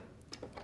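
A regular snap-on presser foot is released from the presser foot holder of a SINGER PROFESSIONAL 9100 sewing machine by pushing the presser foot release lever. The foot drops off with a short, sharp click at 0.3 s, among a few softer ticks. The foot comes free of its holder.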